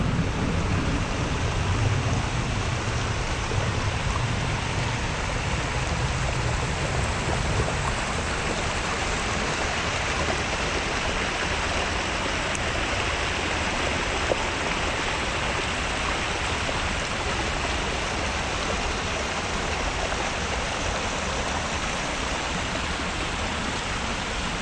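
Rain falls steadily in Central Park, a dense, even hiss with a faint low rumble that eases after the first few seconds.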